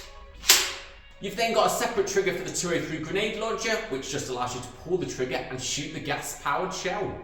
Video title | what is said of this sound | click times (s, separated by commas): Airsoft Review: Double Bell M16A4 M203 Grenade Launcher AEG Rifle UK Airsoft | pull it back until you hear it click | 0.5 s